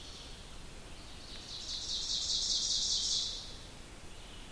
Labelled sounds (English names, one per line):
Ovenbird song